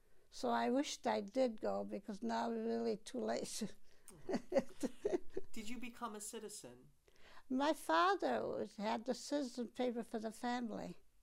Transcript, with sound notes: so I wished I did go, because now it's really too late. ( she laughs )
Did you become a citizen?
My father had the citizen papers for the family.